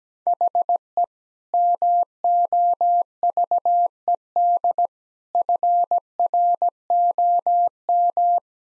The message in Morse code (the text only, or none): HE MOVED FROM